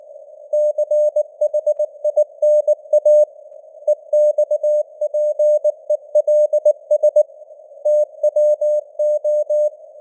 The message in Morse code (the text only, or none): CHINA EXPELS TWO